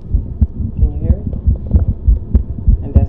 The young man's heartbeat as a stethoscope is held to his chest.